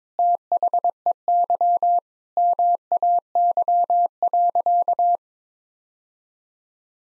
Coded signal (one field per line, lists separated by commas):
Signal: Morse code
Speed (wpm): 22 wpm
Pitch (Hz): 700 Hz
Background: none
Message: THEY MAY.